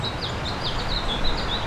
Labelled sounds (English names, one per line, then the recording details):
House Finch song
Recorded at Oakdale on Long Island, New York, on 18 June 2013
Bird A